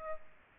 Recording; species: mosquito wingbeat signal from an infrared sensor; Aedes aegypti